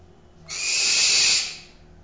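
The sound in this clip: Barn owl giving one long, breathy, rasping scream that builds and tails off over roughly a second, with no other sounds.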